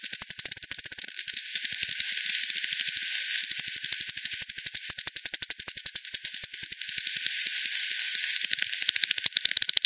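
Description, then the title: Bat echolocation pulses ticking quickly and regularly, a fast clicking series at the start, then steady overlapping trains through the rest. Multiple bats at Hogsmill River, Hogsmill Lane, 7 October 2020 at 18:10 Z; recorded with frequency division (FD 10), bandpass filtered and resampled. "bat 20201007 T 18 : 10 Z-Hogsmill-Lane-Hogsmill-River-multiple-bats-FD 10"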